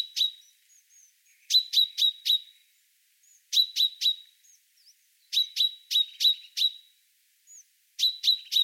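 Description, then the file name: Common chaffinch calls in bursts of several crisp, metallic notes, with occasional faint, soft notes in the gaps. "Fringilla coelebs"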